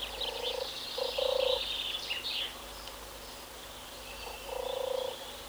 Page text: European Turtle Dove (Streptopelia turtur). Koerende zomertortel